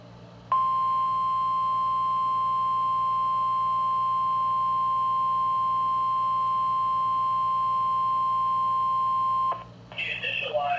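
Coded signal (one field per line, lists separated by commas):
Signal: Emergency Alert System (SAME) tones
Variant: 1050 Hz attention tone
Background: speech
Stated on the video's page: A NOAA Weather Radio required weekly test received on a Midland WR120 weather radio.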